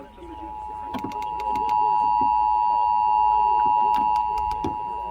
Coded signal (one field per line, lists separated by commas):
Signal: Emergency Alert System (SAME) tones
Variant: 853 and 960 Hz attention tone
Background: speech